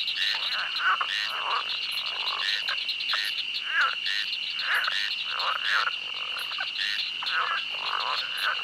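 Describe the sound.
Frogs croaking in a dense chorus of rapid, overlapping calls, with a steady high drone running throughout.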